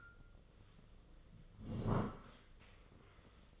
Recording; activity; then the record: daily activity, microphone in the room; sit down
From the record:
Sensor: 4